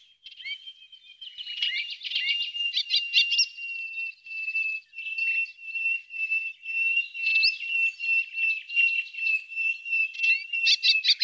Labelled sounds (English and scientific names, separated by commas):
Melodious Warbler (Hippolais polyglotta) song